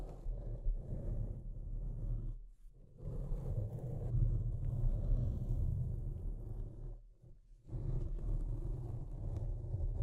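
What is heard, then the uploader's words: Deep, rough scratching rumbles on steadily in low tones, dropping to near silence twice, around two and a half and seven seconds. Deep Scratching. (No Talking).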